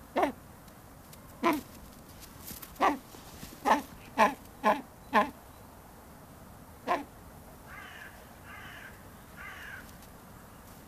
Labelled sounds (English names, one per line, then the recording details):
Brown Eared Pheasant call
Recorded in captivity
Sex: pair
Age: adult
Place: Tierpark Berlin, Berlin, DE
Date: 1997-01-12 14:19
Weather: wolkig bis heiter, -5°C
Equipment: Nagra SN, Kopie Uher 4000 Report Monitor
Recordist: Tembrock, Günter